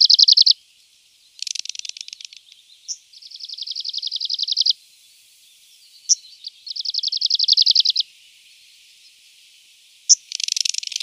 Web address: Schulze Peter Arctic Warbler song